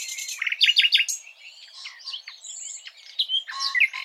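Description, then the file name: Common nightingale song: a burst of loud clipped chirps, then a mix of thin whistles, buzzes and sharp notes with short pauses. "Luscinia megarhynchos"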